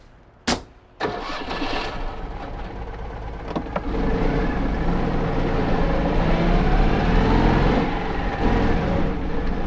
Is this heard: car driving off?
yes